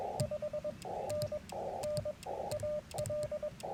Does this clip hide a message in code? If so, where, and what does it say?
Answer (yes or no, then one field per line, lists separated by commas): yes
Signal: Morse code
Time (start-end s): 0.2-3.5 s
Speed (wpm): 22 wpm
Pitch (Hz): 1200 Hz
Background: radio noise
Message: 5NN AL